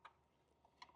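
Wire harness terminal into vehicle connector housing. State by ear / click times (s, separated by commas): not seated / none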